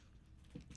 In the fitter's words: and then you will hear snaps you should be hearing snaps when you're um securing it to the ear cup